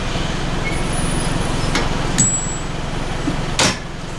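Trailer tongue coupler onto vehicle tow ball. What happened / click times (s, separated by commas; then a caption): Trailer coupler locks onto tow ball / 3.6 s. A trailer tongue coupler is lowered onto a vehicle tow ball with the tongue jack over a steady low hum, with lighter metallic clicks at about 1.8 and 2.2 seconds. The loudest hit at 3.6 seconds is the coupler locking onto the ball, confirming the trailer is seated.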